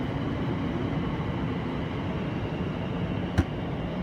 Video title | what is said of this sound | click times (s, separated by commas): How Easy is it to Use an Untethered Point to Charge your Evezy Zoe? | I've heard the click, which means that it started charging, and it may not be easy to see because of the sun | 3.4 s